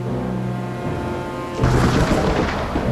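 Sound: thunderstorm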